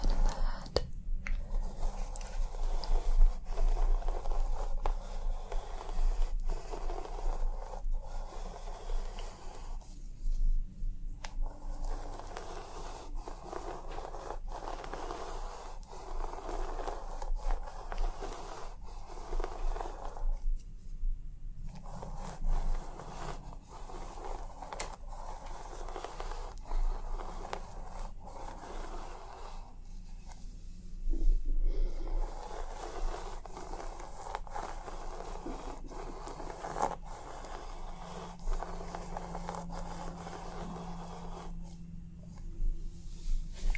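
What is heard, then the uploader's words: Scratching and rubbing on a scalp, a steady stream of soft scrapes broken by brief quiet pauses about every ten seconds. ASMR Super RELAXING Head Massage + Scalp Scratching Roleplay (tingly af).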